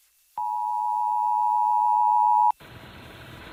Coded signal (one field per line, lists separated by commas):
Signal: Emergency Alert System (SAME) tones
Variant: 853 and 960 Hz attention tone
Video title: LOUD Indiana Monthly Test on WZPL Greenfield, Indiana (99.5 ZPL) (11/17/22) (EAS #60)